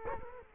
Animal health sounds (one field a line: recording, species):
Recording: mosquito wingbeat signal from an infrared sensor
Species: Culex quinquefasciatus